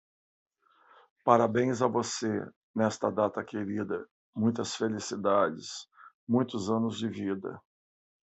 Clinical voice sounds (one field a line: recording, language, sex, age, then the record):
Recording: short text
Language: Brazilian Portuguese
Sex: male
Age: 50 to 59 years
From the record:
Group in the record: control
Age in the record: 58 years